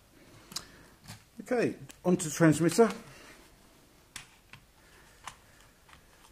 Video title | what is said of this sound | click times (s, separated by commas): JJRC X15 Dragonfly Review and Flight | press that in and wait to hear that to click just to make sure that's in which it is | 0.6 s